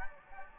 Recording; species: mosquito wingbeat signal from an infrared sensor; Anopheles gambiae